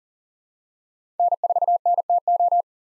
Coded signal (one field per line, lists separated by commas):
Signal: Morse code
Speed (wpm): 40 wpm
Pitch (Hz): 700 Hz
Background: none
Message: N4NTO